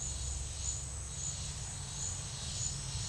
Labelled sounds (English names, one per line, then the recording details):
none
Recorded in secondary vegetation near Puerto Asís, Putumayo, Colombia, on 28 February 2025 at 10:30
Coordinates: 0.498, -76.327
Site G001